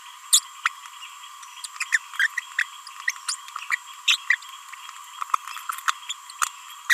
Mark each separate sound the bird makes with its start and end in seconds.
0.33-0.39, 0.65-0.69, 1.64-1.66, 1.80-1.84, 1.92-1.98, 2.19-2.27, 2.58-2.61, 3.07-3.11, 3.28-3.35, 3.71-3.76, 4.08-4.17, 4.30-4.35, 5.88-5.91, 6.09-6.13